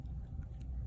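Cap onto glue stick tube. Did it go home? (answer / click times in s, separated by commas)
no / none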